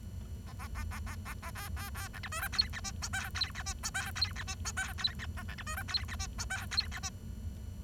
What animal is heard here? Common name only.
Bengalese Finch